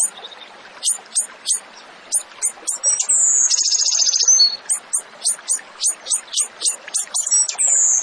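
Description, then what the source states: Tembakan bird song: steady series of high, clipped whistles repeated several times a second, with one long buzzing trill in the middle and another at the end. Masteran training recording for songbirds; the bird is described as gacor, singing often and energetically.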